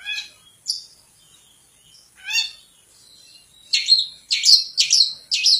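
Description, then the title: Long-tailed shrike giving scattered sharp squeaky notes with long gaps, then a closing series of loud, harsh, high chirps in quick succession. Champion singing bird. "Kicau Burung Cendet Juara"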